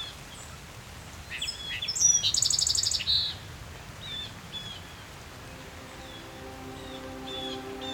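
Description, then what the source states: Song Sparrow song: a few clear introductory notes, then a fast buzzy trill, then scattered softer notes; a low steady droning hum follows. Native North American sparrow; its song varies from region to region and usually begins slowly.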